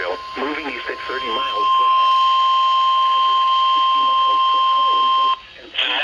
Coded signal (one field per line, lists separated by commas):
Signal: Emergency Alert System (SAME) tones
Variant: 1050 Hz attention tone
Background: speech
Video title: SUNDAY STORMS... EAS Alerts from 5/22/22 (EAS #952-968)